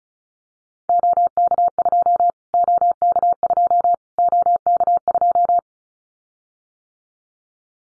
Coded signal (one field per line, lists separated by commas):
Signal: Morse code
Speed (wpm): 34 wpm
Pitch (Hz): 700 Hz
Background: none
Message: OK2 OK2 OK2